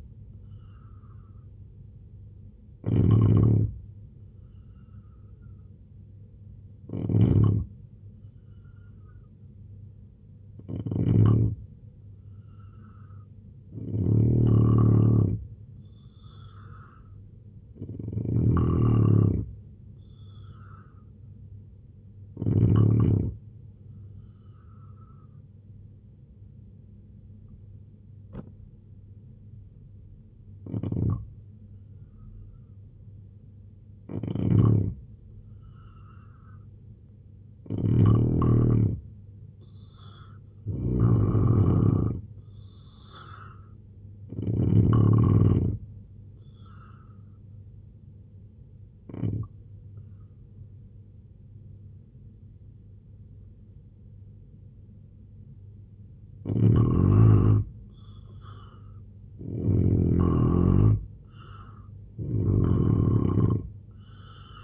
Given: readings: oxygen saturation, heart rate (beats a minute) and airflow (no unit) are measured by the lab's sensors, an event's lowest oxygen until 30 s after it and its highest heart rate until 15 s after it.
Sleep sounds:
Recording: breathing in sleep by a smartphone at the bedside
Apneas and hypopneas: 2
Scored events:
25.00-40.40 s: hypopnea (N3, oxygen 89% highest, then 82% lowest, heart rate 73 at the start, 83 highest)
47.00-60.50 s: hypopnea (N3, oxygen 89% highest, then 86% lowest, heart rate 81 at the start, 90 highest)
From the record:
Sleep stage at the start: N3 (deep sleep)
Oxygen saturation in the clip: 81 to 90%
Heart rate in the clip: 71 to 90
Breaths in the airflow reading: 12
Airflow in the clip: -4.5 to 6.8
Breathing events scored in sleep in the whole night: 258 in 7.4 hours asleep

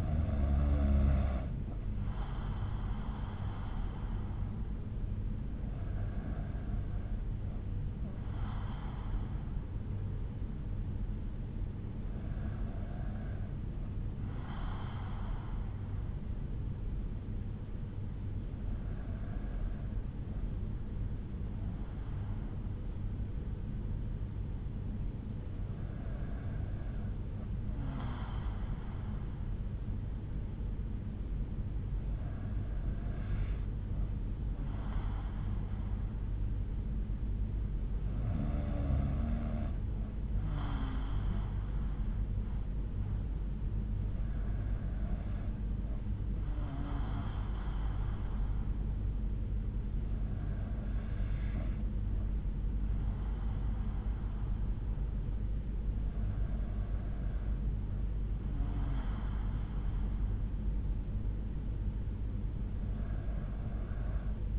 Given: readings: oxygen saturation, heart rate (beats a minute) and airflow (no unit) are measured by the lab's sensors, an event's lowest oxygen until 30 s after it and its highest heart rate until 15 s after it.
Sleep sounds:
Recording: breathing in sleep by a smartphone at the bedside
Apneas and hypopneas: none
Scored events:
none scored
From the record:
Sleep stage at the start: N2 (light sleep)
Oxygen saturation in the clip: 92 to 93%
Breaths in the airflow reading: 11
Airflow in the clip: -5.0 to 4.1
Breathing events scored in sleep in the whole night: 368 in 8.0 hours asleep

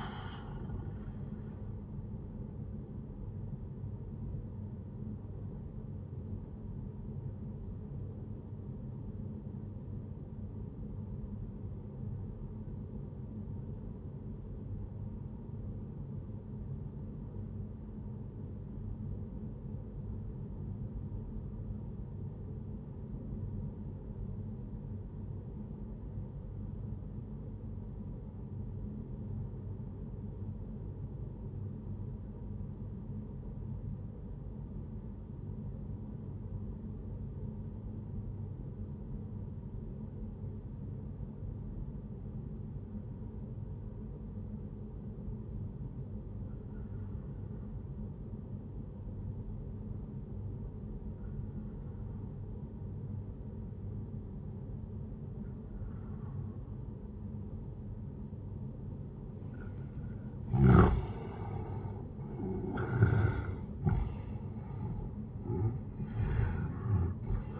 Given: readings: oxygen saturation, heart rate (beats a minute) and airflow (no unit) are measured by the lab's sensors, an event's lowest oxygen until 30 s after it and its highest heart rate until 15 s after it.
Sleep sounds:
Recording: breathing in sleep by a smartphone at the bedside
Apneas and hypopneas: 1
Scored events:
7.00-60.30 s: obstructive apnea (N1, oxygen 97% highest, then 88% lowest, heart rate 67 at the start, 81 highest)
12.00-67.59 s: new sleep stage, N2 (light sleep)
From the record:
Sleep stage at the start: N1 (lightest sleep)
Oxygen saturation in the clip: 89 to 97%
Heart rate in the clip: 60 to 78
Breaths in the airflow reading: 2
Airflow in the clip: -10.7 to 15.2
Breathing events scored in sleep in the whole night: 131 in 7.2 hours asleep

